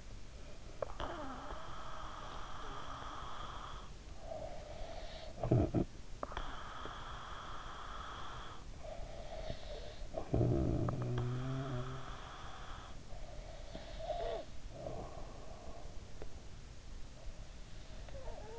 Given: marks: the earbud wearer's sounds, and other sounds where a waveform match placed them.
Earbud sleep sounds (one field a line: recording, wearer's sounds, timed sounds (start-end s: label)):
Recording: sounds in sleep by an in-ear microphone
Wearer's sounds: breath, snoring breath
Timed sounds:
0.57-8.67 s: breath
8.67-13.06 s: snoring breath
13.06-16.35 s: breath